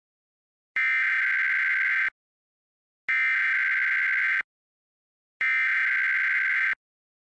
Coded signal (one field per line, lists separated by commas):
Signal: Emergency Alert System (SAME) tones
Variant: header bursts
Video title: EAS #1153-1154: 2 EAS Required Monthly Tests- Jan. 7, 2026- 10:15AM PST